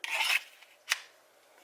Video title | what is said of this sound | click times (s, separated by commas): Triple-T #205 - How to make a kydex knife sheath | see that little click that's exactly what what we want | 0.9 s